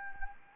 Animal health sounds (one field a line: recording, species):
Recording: mosquito wingbeat signal from an infrared sensor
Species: Anopheles gambiae